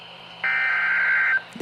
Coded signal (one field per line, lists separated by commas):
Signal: Emergency Alert System (SAME) tones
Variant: header bursts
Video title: EAS Severe Thunderstorm Warning #39 (From AKQ) 7/8/25 (Credit Goes To @SouthernPennsylvaniaWX)